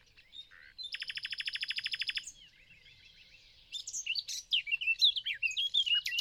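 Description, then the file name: Common nightingale song: a fast machine-gun run of identical loud notes for over a second, soft chattering, then varied sharp phrases. "Luscinia megarhynchos"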